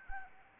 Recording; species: mosquito wingbeat signal from an infrared sensor; Anopheles arabiensis